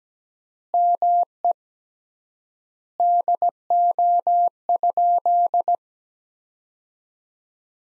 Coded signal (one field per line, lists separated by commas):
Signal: Morse code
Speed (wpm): 17 wpm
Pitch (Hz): 700 Hz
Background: none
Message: ME DO?